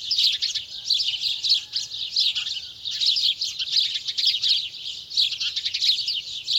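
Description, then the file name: House sparrow chirping, a continuous chorus of quick, bright, overlapping chirps over a faint low background hum. "Passer domesticus"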